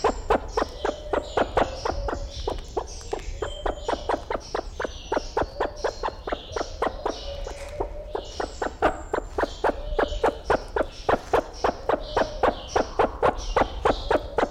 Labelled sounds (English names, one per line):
Sulawesi Myna call